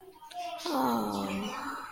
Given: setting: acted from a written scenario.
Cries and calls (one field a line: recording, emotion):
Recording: vocal sound without words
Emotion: contentment